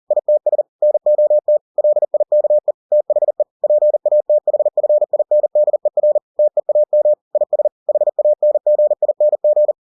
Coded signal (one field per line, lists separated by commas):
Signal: Morse code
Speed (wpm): 40 wpm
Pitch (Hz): 600 Hz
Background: none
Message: ITS NOT LIKE THE PATHFINDER TEAM IS HANGING